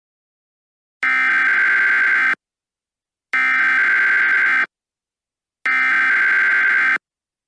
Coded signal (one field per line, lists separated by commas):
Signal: Emergency Alert System (SAME) tones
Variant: header bursts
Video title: EAS SCENARIO - What Lies Down There?